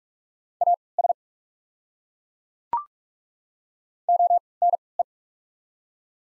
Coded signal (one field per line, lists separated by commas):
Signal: Morse code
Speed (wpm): 43 wpm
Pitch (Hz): 700 Hz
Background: none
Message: AS ONE